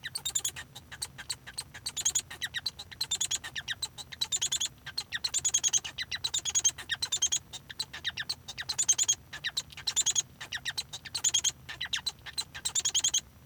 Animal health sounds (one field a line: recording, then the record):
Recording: song of a male Bengalese finch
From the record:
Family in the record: son of father 1